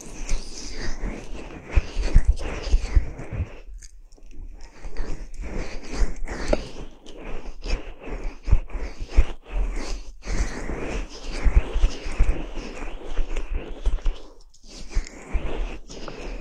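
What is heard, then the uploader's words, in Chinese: Ear cleaning with dense, continuous scratching and crunchy rustling, fast and irregular, with brief quiet gaps near 4, 10 and 14.5 seconds. 梵天掏耳。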